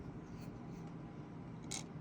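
A 1x1 thin round LEGO piece, the second one, is pressed into a mounting hole in the 3D-printed or drilled film transport frame of a film scanner build. Over steady low background noise, a short, sharp snap with bright high-frequency content sounds at 1.7 s, and the piece is seated.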